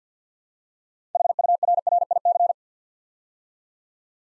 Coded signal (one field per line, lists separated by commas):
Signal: Morse code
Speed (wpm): 50 wpm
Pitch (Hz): 700 Hz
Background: none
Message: HURRIC